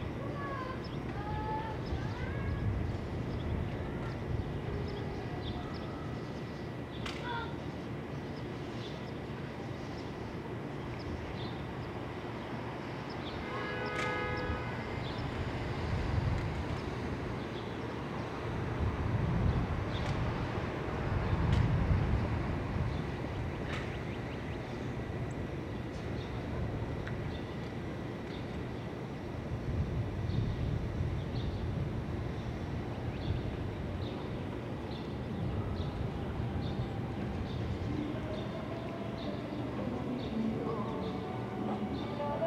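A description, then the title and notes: Outdoors on a Brooklyn roof, a steady low rumble of traffic swells around 20 and 30 seconds, with brief tonal sounds and faint voices. Ext, Brooklyn Roof.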